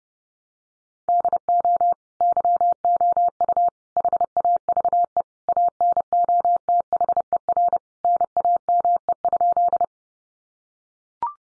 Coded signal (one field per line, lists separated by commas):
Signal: Morse code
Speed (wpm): 30 wpm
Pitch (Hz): 700 Hz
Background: none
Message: DO YOU HAVE ANOTHER NAME?